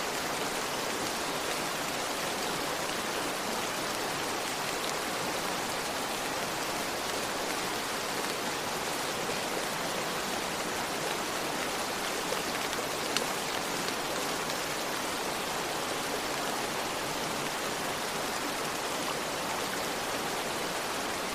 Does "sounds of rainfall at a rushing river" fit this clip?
yes